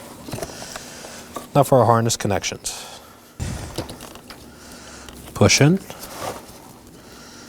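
A plastic wiring harness connector with a red lock tab is handled and pushed toward the door module while replacing a front exterior door handle on a 2018-2024 Chevrolet Equinox, with someone talking. Light taps and rustling handling sounds are heard throughout. The connector has not seated or clicked yet.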